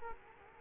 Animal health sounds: mosquito wingbeat signal from an infrared sensor; Culex quinquefasciatus

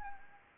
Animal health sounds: mosquito wingbeat signal from an infrared sensor; Anopheles gambiae

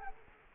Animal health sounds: mosquito wingbeat signal from an infrared sensor; Culex quinquefasciatus

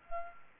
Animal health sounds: mosquito wingbeat signal from an infrared sensor; Culex pipiens

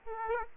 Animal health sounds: mosquito wingbeat signal from an infrared sensor; Aedes aegypti

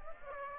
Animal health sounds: mosquito wingbeat signal from an infrared sensor; Aedes aegypti

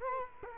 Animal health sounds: mosquito wingbeat signal from an infrared sensor; Culex quinquefasciatus

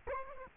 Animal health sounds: mosquito wingbeat signal from an infrared sensor; Culex quinquefasciatus

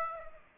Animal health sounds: mosquito wingbeat signal from an infrared sensor; Aedes aegypti

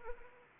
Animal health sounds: mosquito wingbeat signal from an infrared sensor; Anopheles arabiensis

